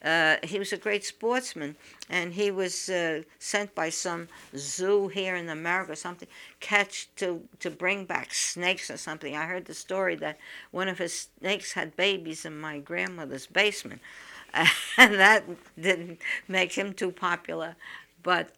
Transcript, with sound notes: He was a great sportsman and he was sent by some zoo here in America or something to catch, to bring back snakes or something. I heard the story that one of his snakes had babies in my grandmother's basement. ( she laughs ) And that didn't make him too popular. But